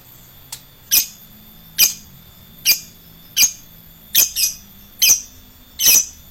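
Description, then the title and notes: Lovebird calls: loud high squeaks repeated roughly every second, one doubled, in a quiet background. Adult fighter lovebird. "LOVEBIRD FIGTER. Lovebird Dewasa"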